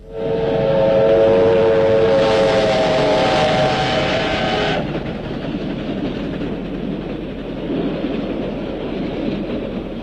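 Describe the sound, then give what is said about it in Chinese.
A military train carrying Lin Biao speeds past at night with a loud, steady rumble and rattle of wheels, while a high whistle-like tone sounds over it for several seconds before cutting off, leaving the rolling roar alone. “一列军用火车在夜色中奔驰而过，林彪在车厢里正看书。”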